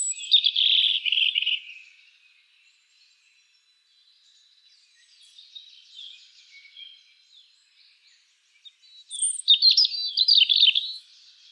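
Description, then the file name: European robin song: a loud, rich warbled phrase, a quiet pause with faint twittering, then another bright phrase with very high thin notes. "Erithacus rubecula"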